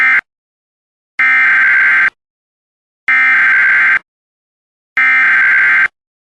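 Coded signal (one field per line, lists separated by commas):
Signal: Emergency Alert System (SAME) tones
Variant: header bursts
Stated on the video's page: Compilation of real civil (non-weather) EAS alerts.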